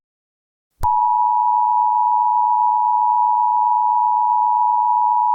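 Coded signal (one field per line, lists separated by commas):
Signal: Emergency Alert System (SAME) tones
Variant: 853 and 960 Hz attention tone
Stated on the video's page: Recreation of an EAS rural tornado warning in the style of an EASy encoder, with valid EAS tones.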